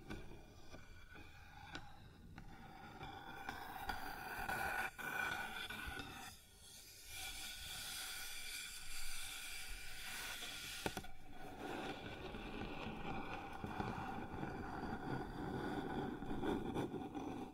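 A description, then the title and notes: Sounds on a wooden surface: steady, dense rubbing and scraping with occasional sharp taps, briefly dropping off around six and eleven seconds. ASMR Sounds on Wooden Surface (No Talking).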